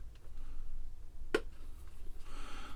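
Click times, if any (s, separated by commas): 1.3 s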